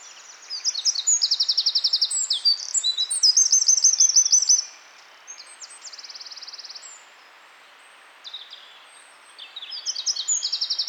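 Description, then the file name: Eurasian wren song: bursts of very rapid, high rattling trills lasting several seconds, a pause with faint twitters, then another energetic trilled phrase begins. "Troglodytes troglodytes"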